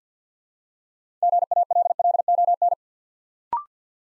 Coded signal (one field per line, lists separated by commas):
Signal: Morse code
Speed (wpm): 50 wpm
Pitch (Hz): 700 Hz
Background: none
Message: GALLON